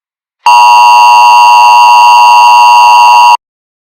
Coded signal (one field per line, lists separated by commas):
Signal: Emergency Alert System (SAME) tones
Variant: 853 and 960 Hz attention tone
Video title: EAS Scenarios - January